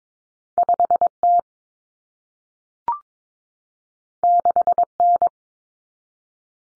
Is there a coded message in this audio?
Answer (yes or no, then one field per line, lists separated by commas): yes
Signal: Morse code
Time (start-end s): 0.6-5.3 s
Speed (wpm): 22 wpm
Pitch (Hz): 700 Hz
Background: none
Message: 5T 6N